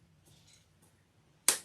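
Male and female halves of a metal snap fastener are pressed together on a fabric handbag strap, with faint soft rustling for the first second and a half. A single sharp click at 1.5 s marks the snap closing and seating.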